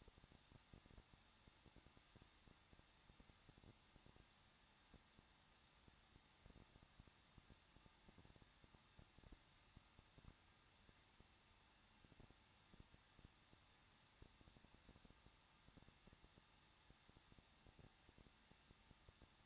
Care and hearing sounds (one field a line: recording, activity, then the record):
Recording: daily activity, microphone in the room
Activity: no activity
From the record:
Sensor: 3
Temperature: 21.2 degrees Celsius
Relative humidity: 36.3%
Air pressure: 1006.4 hPa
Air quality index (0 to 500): 221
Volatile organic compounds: 40 ppm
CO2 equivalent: 3145 ppm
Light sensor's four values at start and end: 2/3/2/2 and 2/3/2/2